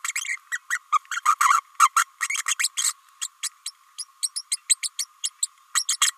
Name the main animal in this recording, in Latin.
Forpus passerinus